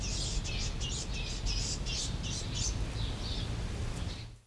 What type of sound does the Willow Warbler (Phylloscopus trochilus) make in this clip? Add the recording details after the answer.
song. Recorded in captivity. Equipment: Nagra III BH, Sennheiser MD 21. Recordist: Schubert, Michael. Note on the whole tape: Fitis-Kampf, Verfolgung, Schnabelknappen